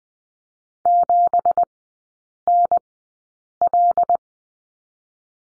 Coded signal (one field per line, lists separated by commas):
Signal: Morse code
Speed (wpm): 19 wpm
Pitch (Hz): 700 Hz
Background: none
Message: 7NL